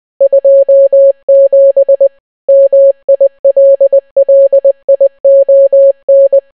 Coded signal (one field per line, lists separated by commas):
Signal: Morse code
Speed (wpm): 20 wpm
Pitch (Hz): 550 Hz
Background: none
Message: 27 MILLION